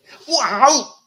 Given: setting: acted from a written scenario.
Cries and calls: vocal sound without words; serenity

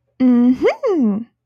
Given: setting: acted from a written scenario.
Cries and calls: vocal sound without words; triumph

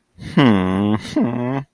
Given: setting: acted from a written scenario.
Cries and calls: vocal sound without words; shame

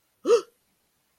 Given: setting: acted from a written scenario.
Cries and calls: vocal sound without words; negative surprise

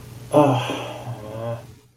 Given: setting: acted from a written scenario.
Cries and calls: vocal sound without words; shame

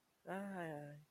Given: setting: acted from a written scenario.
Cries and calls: vocal sound without words; romantic love

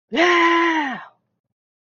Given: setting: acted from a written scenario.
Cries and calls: vocal sound without words; triumph

